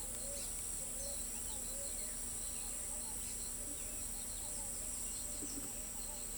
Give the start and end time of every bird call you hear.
0.00s-1.89s: Pale-vented Pigeon
2.62s-3.14s: Scaled Dove
3.59s-6.37s: Pale-vented Pigeon
4.11s-4.69s: Scaled Dove
5.65s-6.22s: Scaled Dove

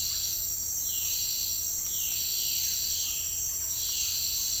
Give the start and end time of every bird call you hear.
0.82s-4.60s: Violaceous Jay

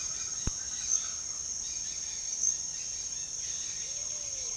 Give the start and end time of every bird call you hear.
0.00s-1.50s: Speckled Chachalaca
0.00s-4.56s: Dusky-headed Parakeet
3.73s-4.56s: Pale-vented Pigeon

